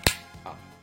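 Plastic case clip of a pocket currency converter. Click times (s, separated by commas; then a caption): 0.1 s. A plastic case clip on a small Casio pocket currency converter snaps home with one sharp, loud click at 0.1 s as the unclipped part of the case is pressed shut during reassembly. A softer, brief knock follows at 0.5 s, and the casing is then seated.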